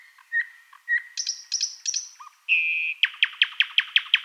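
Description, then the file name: Thrush nightingale song with soft piping notes, high doubled chips, a short steady note, then a rapid series of loud clicking notes. "solovey obyknovennyy golos"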